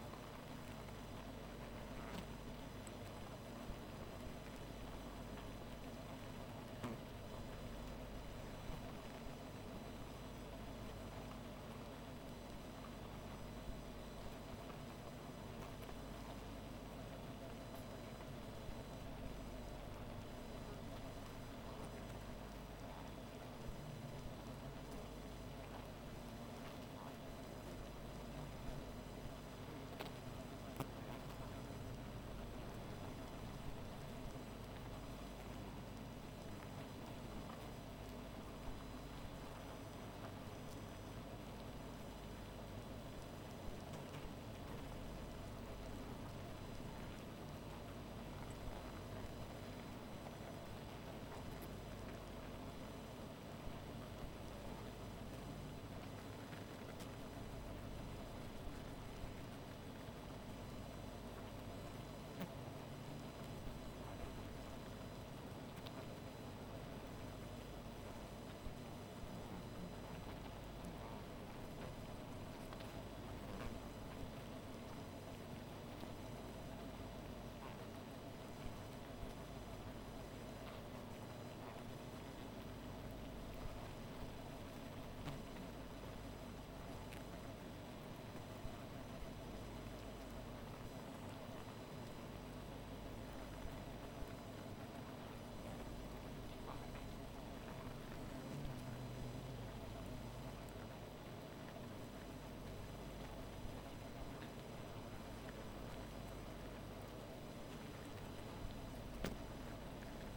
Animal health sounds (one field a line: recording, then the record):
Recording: honeybee colony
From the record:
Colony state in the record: missing queen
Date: 14 July 2017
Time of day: 1:05